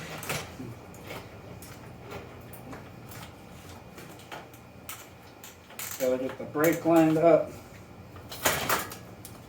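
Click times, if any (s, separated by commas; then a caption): 8.5 s. A rear bicycle wheel fitted with a new cassette is lined up with the brake and pushed into the frame dropouts while someone talks over faint handling clatter. It pops into place with a sharp click at 8.5 s, seating the wheel in the dropouts.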